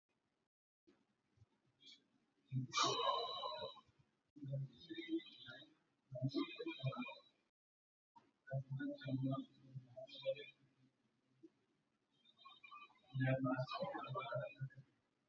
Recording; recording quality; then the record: shallow breathing; moderate, slight background noise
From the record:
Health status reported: healthy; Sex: male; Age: 29 years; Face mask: not worn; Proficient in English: yes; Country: India